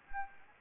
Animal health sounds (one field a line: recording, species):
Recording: mosquito wingbeat signal from an infrared sensor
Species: Anopheles gambiae